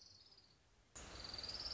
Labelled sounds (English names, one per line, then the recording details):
Orange-crowned Warbler
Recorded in Sonoma County, California